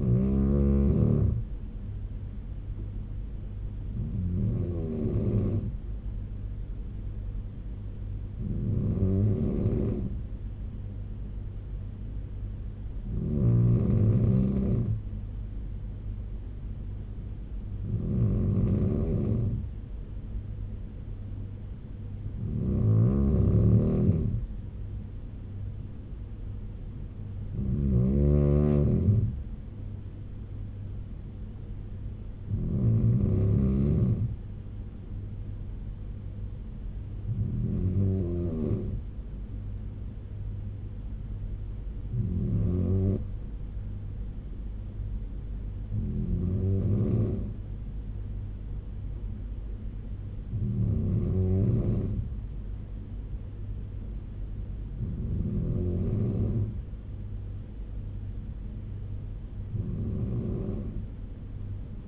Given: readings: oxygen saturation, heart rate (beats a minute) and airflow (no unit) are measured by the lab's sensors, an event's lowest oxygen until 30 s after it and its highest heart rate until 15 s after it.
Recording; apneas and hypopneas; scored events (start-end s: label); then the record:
breathing in sleep by a smartphone at the bedside; none
none scored
From the record:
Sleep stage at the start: N2 (light sleep); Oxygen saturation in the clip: 94 to 96%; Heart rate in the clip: 68 to 75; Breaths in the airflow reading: 14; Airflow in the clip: -4.0 to 4.1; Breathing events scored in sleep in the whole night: 201 in 6.5 hours asleep